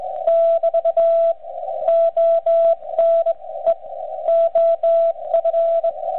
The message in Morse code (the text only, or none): <BT> ONE OF